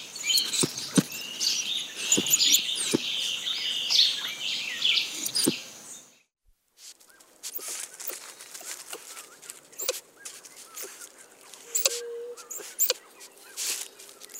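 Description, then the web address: White-nosed coati chittering in high, squeaky bursts with scattered clicks for several seconds, then a pause followed by sparse taps and faint chirps. South American rainforest. "Natures Songs S America Mammals of the Rainforest White-nosed Coati"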